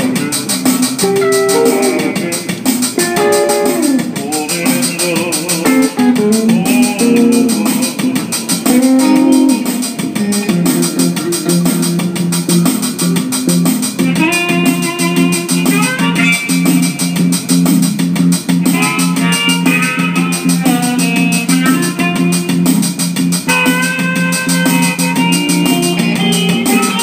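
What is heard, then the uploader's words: Street musicians play in a subway station, a continuous run of music with a steady low droning note underneath and bright melody lines moving above it. The sound stays full and even throughout, with a constant hissy wash of station noise on top. Some pretty awesome subway busking at 14th street.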